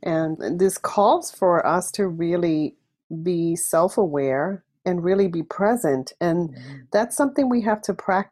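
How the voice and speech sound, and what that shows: One adult speaks fluently at an even pace with clear, steady voicing and short natural pauses; ordinary speech.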